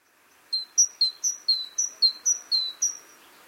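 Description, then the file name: Great tit song: clear whistled two-note phrases alternating lower and higher, repeated several times in a steady ringing series over faint background hiss. "Parus major"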